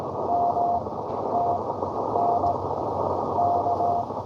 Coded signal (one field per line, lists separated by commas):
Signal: Morse code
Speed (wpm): 23 wpm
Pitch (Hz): 700 Hz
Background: radio noise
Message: MTN K